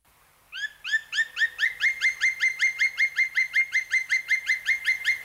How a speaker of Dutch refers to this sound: Ja, weet je nog welke vogel het was? Ja, onmiskenbaar. Ja, zwarte specht. Het klopt inderdaad.